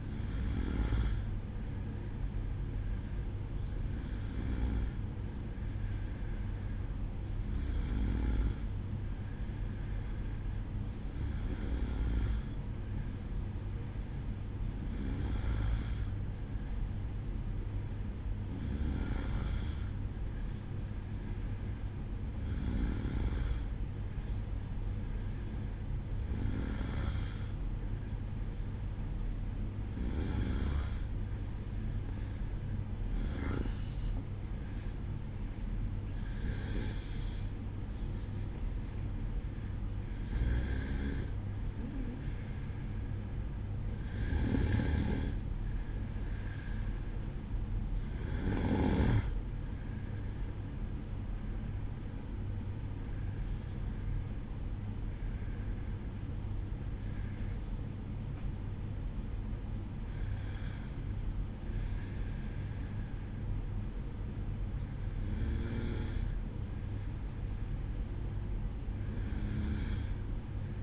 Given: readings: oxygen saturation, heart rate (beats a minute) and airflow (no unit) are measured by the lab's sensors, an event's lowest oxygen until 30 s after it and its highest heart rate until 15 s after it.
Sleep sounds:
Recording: breathing in sleep by a smartphone at the bedside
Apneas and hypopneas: 1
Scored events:
17.00-47.30 s: hypopnea (N1, oxygen 94% highest, then 93% lowest, heart rate 55 at the start, 57 highest)
18.00-48.00 s: new sleep stage, N2 (light sleep)
48.00-70.83 s: new sleep stage, N1 (lightest sleep)
From the record:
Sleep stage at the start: N1 (lightest sleep)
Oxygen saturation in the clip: 93 to 95%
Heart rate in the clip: 53 to 57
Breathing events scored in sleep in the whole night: 305 in 9.6 hours asleep

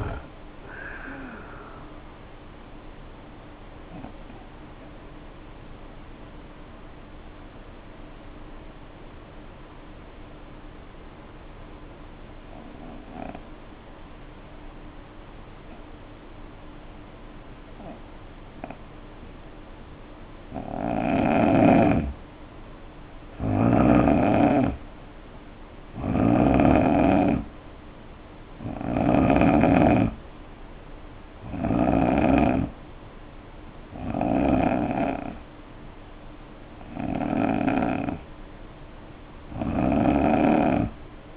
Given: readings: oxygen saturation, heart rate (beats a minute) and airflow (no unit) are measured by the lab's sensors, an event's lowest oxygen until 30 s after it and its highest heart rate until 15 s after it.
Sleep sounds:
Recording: breathing in sleep by a voice recorder at the bedside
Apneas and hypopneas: 1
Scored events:
3.00-25.90 s: hypopnea (N2, oxygen 92% highest, then 81% lowest, heart rate 67 at the start, 70 highest)
12.00-41.37 s: new sleep stage, N3 (deep sleep)
From the record:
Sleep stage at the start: N2 (light sleep)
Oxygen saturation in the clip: 81 to 93%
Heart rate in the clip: 60 to 70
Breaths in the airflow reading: 10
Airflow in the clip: -5.8 to 5.9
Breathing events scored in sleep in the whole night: 520 in 7.2 hours asleep

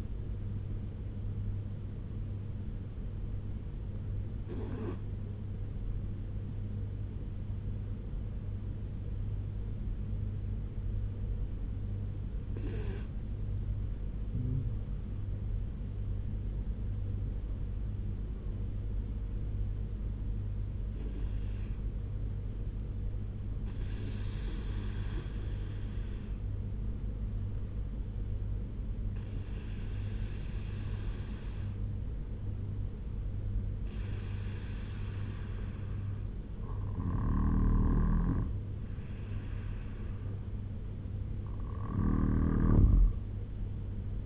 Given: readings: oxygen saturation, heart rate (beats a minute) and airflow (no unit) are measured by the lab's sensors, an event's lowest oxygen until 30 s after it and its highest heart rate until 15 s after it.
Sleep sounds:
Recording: breathing in sleep by a smartphone at the bedside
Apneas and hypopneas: none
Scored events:
29.00-44.26 s: new sleep stage, N2 (light sleep)
From the record:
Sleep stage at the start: N1 (lightest sleep)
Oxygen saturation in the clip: 85 to 96%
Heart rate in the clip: 63 to 83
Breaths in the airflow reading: 9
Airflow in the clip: -6.3 to 8.5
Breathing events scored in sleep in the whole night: 201 in 6.5 hours asleep

